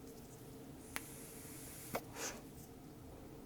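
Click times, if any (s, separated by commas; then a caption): 1.0 s. A filled plastic refillable pod is pushed down into the body of a vape device and seats with a sharp click at 1.0 s. A second, softer tap follows at about 2.0 s, then a brief airy hiss around 2.3 s over a steady low background hum. The pod is confirmed seated.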